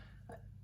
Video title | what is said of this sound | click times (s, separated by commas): Polaris RZR 900 - Charging System / Stator Magneto Bad / Flywheel Removed | okay we're going to slide that snap ring on there you do want to make sure that you can kind of see or hear it click into place there | 0.3 s